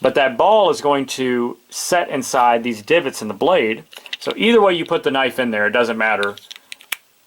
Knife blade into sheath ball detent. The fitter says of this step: push down it's going to click in very positive click and then you also have